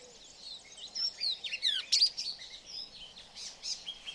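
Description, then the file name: Angola swallow twitter, a rapid jumble of high squeaky and buzzy notes, loudest around two seconds, with a faint hiss behind. "Golosa ptic - Angolskaya lastochka Hirundo angolensis"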